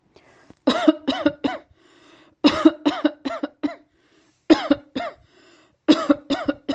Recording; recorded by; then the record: voluntary cough; messaging app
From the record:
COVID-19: negative